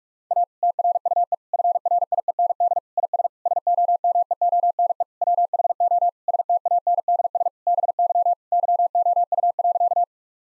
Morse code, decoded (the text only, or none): A TRUE FRIEND IS SOMEONE WHO STANDS BY YOU.